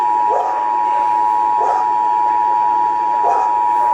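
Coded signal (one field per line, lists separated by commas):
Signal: Emergency Alert System (SAME) tones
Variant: 853 and 960 Hz attention tone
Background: speech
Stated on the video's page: Required monthly tests for Kern and Los Angeles counties, caught live while visiting Palm Desert.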